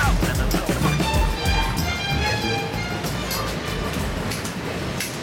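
Steady rumble of a train interior in motion, dense low-end roar with rattling and faint metallic squeals, occasional clicks over the rails, and a hint of murmured voices beneath.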